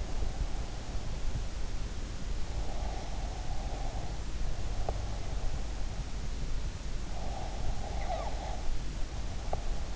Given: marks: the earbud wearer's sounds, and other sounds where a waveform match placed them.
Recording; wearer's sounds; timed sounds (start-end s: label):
sounds in sleep by an in-ear microphone; breath
2.73-5.30 s: breath
7.28-9.96 s: breath